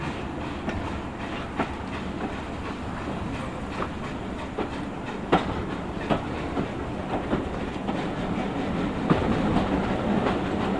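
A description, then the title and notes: A steam railway journey: a steady low rumble of the train rolling along with dense rattling throughout. Sharp knocks and clacks from the wheels and carriages punctuate it irregularly, roughly every second, with a few louder jolts around five and nine seconds. South Devon Railway. A journey in sound on a real steam railway.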